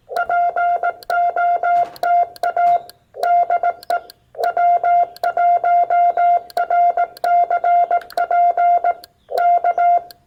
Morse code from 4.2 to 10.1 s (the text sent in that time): W1RCP K